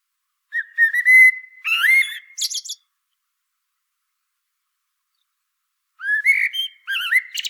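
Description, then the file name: Common blackbird singing two fluty warbled phrases ending in high squeaky twitters, separated by about three seconds of silence. "Turdus merula"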